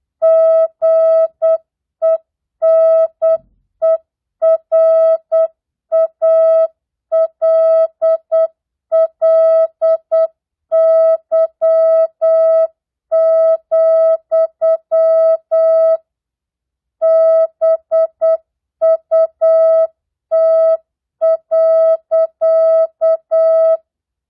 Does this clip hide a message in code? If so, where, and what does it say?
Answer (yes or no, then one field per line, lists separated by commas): yes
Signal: Morse code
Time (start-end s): 0.2-23.8 s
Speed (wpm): 8 wpm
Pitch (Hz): 650 Hz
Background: music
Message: GENERALLY, BUT.